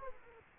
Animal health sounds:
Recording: mosquito wingbeat signal from an infrared sensor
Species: Aedes aegypti

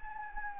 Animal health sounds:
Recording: mosquito wingbeat signal from an infrared sensor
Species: Anopheles gambiae

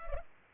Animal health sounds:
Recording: mosquito wingbeat signal from an infrared sensor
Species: Culex pipiens

